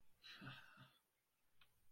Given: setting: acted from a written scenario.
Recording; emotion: vocal sound without words; guilt